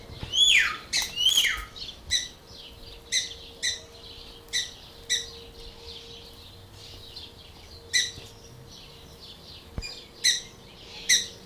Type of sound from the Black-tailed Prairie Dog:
call